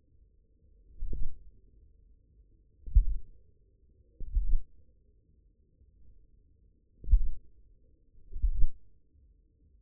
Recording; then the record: forearm muscle sounds (acoustic myography)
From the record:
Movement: finger pinch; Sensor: system 1, eight BSWA MPA416 microphones around the upper forearm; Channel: 5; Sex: male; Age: 54 years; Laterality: right